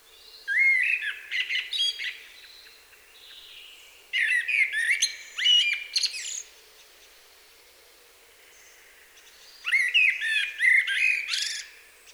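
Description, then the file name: Common blackbird song, three mellow warbled phrases that break into thin, scratchy twitters, separated by quiet gaps of about one to three seconds. "Turdus merula"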